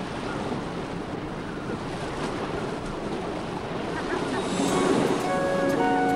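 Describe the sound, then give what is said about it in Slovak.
Steady, rushing surf of sea waves washing continuously, growing slightly louder toward the end, where a few sustained tones rise over the watery roar. “Ja budem zatiaľ na more hľadieť, aby som si naň privykol.”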